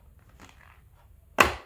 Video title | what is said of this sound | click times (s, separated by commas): Suzuki Mehran Back Light problem | टक इसमें से टक की बाज आ गई ठीक है | 1.4 s